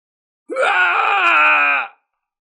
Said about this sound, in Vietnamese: Lão già hóa long biến thứ sáu kia hét thảm một tiếng, đương trường bị mảnh mây đỏ biến thành bãi máu.